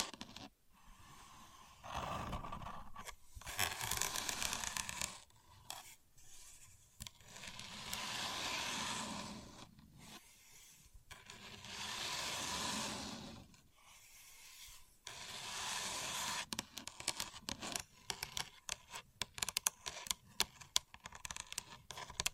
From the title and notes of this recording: A Contour Gauge. No Talking.